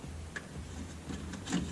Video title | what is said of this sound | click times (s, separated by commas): Jeep WJ Window Regulator Replacement | you just line them up and pop them in. You should hear it snap like that. | 0.4 s